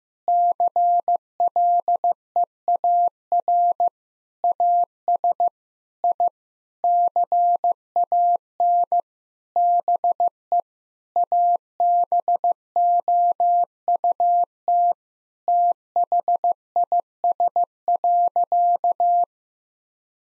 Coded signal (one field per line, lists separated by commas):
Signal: Morse code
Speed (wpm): 15 wpm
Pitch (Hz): 700 Hz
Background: none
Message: CLEAR AS I CAN BE ABOUT THIS.